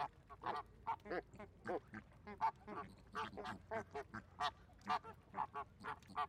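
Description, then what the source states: Flamingos giving many nasal, duck-like honks in a fairly even run of short calls. Flamingos in a zoo park.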